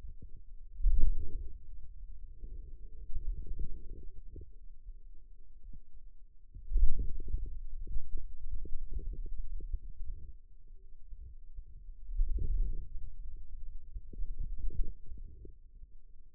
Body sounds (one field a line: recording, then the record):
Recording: forearm muscle sounds (acoustic myography)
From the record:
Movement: wrist extension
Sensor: system 2, bracelet of six BSWA MPA416 microphones around the upper forearm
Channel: 2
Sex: male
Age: 22 years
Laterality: right